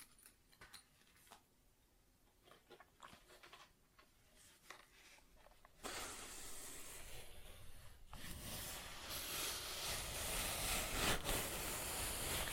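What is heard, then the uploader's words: ASMR tapping and scratching: the first six seconds hold soft, scattered taps and clicks over a quiet background. Just before the six-second mark a dense, hissing scratch starts abruptly, growing brighter and louder after eight seconds and continuing steadily to the end. ASMR Tapping, Scratching & Zipper Sounds.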